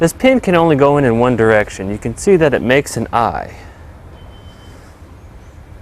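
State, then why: Not seated. Someone talks while the breakaway dead plug pin is lined up in the channels of the trailer breakaway switch, before it is pushed home with the thumb. After about 3.5 seconds the talking stops and only a low, steady background hiss remains. Nothing has seated or clicked yet.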